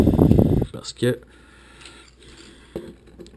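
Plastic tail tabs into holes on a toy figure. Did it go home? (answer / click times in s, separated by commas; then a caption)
partly / 0.4 s. Two rectangular tabs on the tail of a plastic transforming toy figure are pushed into two small holes while someone talks. Ratchet-like plastic clicks are heard, with the click at 0.4 s. The tail only partly clips in, seating very poorly.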